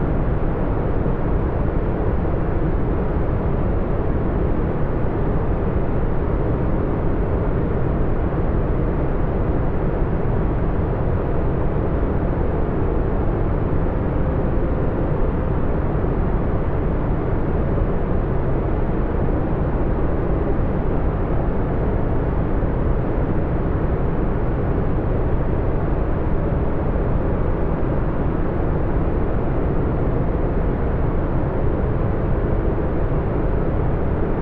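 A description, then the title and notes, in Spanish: Brown noise plays as a steady, dense rumble for the whole clip, heavy in the low end and softened above, with almost nothing bright on top. The level stays constant throughout, with no events, breaks or changes in texture. Ruido Marrón Calmante.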